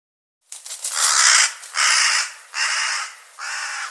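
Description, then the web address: Bird caws, four harsh drawn-out calls in a row with short gaps between. "cianscape birddata Deverinetal 2025 File cleaned normalized Bird"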